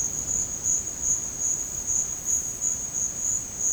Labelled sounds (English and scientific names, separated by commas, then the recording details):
none
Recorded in dense forest near Puerto Asís, Putumayo, Colombia, on 30 June 2025 at 14:30
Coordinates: 0.486, -76.317
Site G065